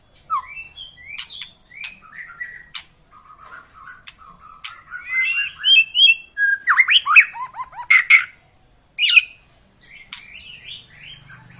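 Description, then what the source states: White-rumped shama song: soft scattered whistles building to louder slurred phrases and a descending trill, then fading to quiet notes. Long lure song (pancingan) of an actively singing (gacor) white-rumped shama, intended to prompt other birds to sing.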